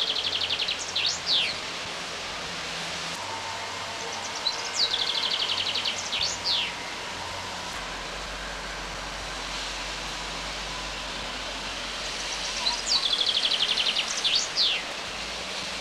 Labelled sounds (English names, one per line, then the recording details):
Common Chaffinch song
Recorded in the wild
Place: Grindelwald, Bern, CH
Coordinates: 46.6253, 8.03083
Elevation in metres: 1036
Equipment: Uher 4000 Report, Sennheiser MKH 815 T
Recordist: Tretzel, Erwin